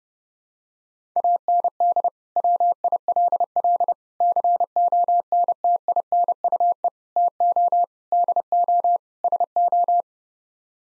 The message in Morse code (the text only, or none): AND WILL CONTINUE TO DO SO